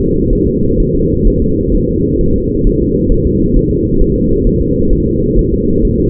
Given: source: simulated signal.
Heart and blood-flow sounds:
fetal heart sounds
0.00 s: S2
0.33 s: S1
0.47 s: S2
0.80 s: S1
0.95 s: S2
1.27 s: S1
1.42 s: S2
1.75 s: S1
1.89 s: S2
2.21 s: S1
2.36 s: S2
2.67 s: S1
2.82 s: S2
3.12 s: S1
3.27 s: S2
3.57 s: S1
3.71 s: S2
4.01 s: S1
4.16 s: S2
4.47 s: S1
4.61 s: S2
4.93 s: S1
5.07 s: S2
5.39 s: S1
5.53 s: S2
5.85 s: S1
6.00 s: S2
From the record:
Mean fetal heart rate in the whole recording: 130 bpm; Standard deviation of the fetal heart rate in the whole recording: 4 bpm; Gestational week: 38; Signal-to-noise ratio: -15.3 dB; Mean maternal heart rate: 72 bpm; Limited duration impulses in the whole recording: present

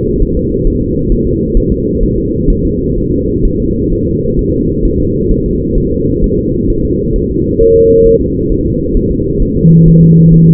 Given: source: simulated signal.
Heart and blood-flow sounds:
fetal heart sounds
0.22 s: S1
0.37 s: S2
0.67 s: S1
0.82 s: S2
1.12 s: S1
1.27 s: S2
1.57 s: S1
1.72 s: S2
2.03 s: S1
2.18 s: S2
2.50 s: S1
2.65 s: S2
2.98 s: S1
3.12 s: S2
3.45 s: S1
3.60 s: S2
3.92 s: S1
4.07 s: S2
4.39 s: S1
4.54 s: S2
4.85 s: S1
5.00 s: S2
5.31 s: S1
5.46 s: S2
5.78 s: S1
5.92 s: S2
6.24 s: S1
6.39 s: S2
6.70 s: S1
6.85 s: S2
7.16 s: S1
7.31 s: S2
7.61 s: S1
7.76 s: S2
8.07 s: S1
8.21 s: S2
8.52 s: S1
8.66 s: S2
8.97 s: S1
9.12 s: S2
9.42 s: S1
9.57 s: S2
9.88 s: S1
10.03 s: S2
10.34 s: S1
10.49 s: S2
From the record:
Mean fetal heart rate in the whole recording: 130 bpm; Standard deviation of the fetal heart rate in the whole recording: 4 bpm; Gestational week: 38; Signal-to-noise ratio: -14.7 dB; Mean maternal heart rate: 72 bpm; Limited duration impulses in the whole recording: present

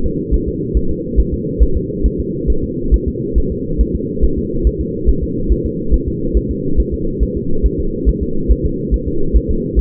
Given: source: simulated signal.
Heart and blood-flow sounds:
fetal heart sounds
0.06 s: S2
0.34 s: S1
0.48 s: S2
0.77 s: S1
0.91 s: S2
1.20 s: S1
1.34 s: S2
1.63 s: S1
1.77 s: S2
2.06 s: S1
2.20 s: S2
2.50 s: S1
2.64 s: S2
2.94 s: S1
3.08 s: S2
3.38 s: S1
3.52 s: S2
3.81 s: S1
3.95 s: S2
4.24 s: S1
4.38 s: S2
4.67 s: S1
4.81 s: S2
5.09 s: S1
5.23 s: S2
5.52 s: S1
5.66 s: S2
5.94 s: S1
6.08 s: S2
6.37 s: S1
6.51 s: S2
6.80 s: S1
6.94 s: S2
7.23 s: S1
7.37 s: S2
7.66 s: S1
7.80 s: S2
8.09 s: S1
8.23 s: S2
8.52 s: S1
8.66 s: S2
8.94 s: S1
9.08 s: S2
9.36 s: S1
9.51 s: S2
9.79 s: S1
From the record:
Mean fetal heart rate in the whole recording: 140 bpm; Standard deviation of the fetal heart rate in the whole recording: 2 bpm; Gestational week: 34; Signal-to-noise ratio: -8.1 dB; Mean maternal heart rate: 72 bpm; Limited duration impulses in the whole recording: absent

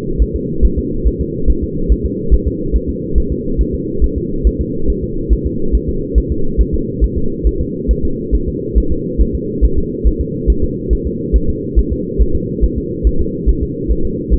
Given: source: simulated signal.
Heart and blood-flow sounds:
fetal heart sounds
0.22 s: S1
0.36 s: S2
0.65 s: S1
0.79 s: S2
1.08 s: S1
1.21 s: S2
1.50 s: S1
1.64 s: S2
1.92 s: S1
2.06 s: S2
2.34 s: S1
2.47 s: S2
2.76 s: S1
2.89 s: S2
3.18 s: S1
3.32 s: S2
3.61 s: S1
3.75 s: S2
4.04 s: S1
4.18 s: S2
4.47 s: S1
4.61 s: S2
4.90 s: S1
5.04 s: S2
5.33 s: S1
5.47 s: S2
5.75 s: S1
5.89 s: S2
6.18 s: S1
6.32 s: S2
6.61 s: S1
6.74 s: S2
7.04 s: S1
7.18 s: S2
7.47 s: S1
7.61 s: S2
7.91 s: S1
8.05 s: S2
8.35 s: S1
8.48 s: S2
8.78 s: S1
8.92 s: S2
9.22 s: S1
9.35 s: S2
9.64 s: S1
9.78 s: S2
10.07 s: S1
10.21 s: S2
10.50 s: S1
10.64 s: S2
10.93 s: S1
11.07 s: S2
11.36 s: S1
11.49 s: S2
11.79 s: S1
11.92 s: S2
12.22 s: S1
12.35 s: S2
12.64 s: S1
12.78 s: S2
13.07 s: S1
13.21 s: S2
13.49 s: S1
13.63 s: S2
13.91 s: S1
14.05 s: S2
14.34 s: S1
From the record:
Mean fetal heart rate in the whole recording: 140 bpm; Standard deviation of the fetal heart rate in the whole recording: 2 bpm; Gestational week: 34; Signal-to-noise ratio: -8.1 dB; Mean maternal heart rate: 72 bpm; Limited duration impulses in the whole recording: absent

